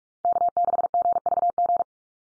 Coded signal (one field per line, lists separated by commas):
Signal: Morse code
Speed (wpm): 44 wpm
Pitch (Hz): 700 Hz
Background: none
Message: K6GVG